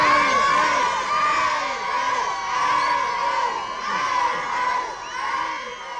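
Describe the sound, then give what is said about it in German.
A crowd of excited fans screams and cheers continuously, high-pitched shrieks and whoops overlapping in a dense, loud roar that swells and dips in waves for several seconds, as they see off a train departing at 10 o'clock for Friedberg in Hesse. “Zurück blieben seine Verehrer, die ihn zünftig verabschiedeten.”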